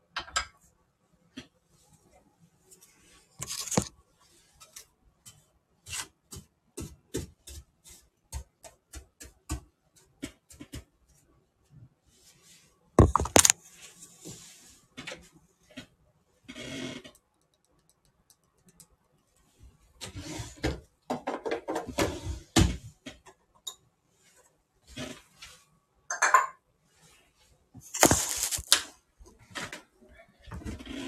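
Tidying up around a kitchen: a run of short knocks, clicks and taps from objects being handled and set down, irregular and spaced through the whole stretch. Louder clatters land near 4, 13, 21–23 and 28 seconds, with brief rubbing and scraping between them.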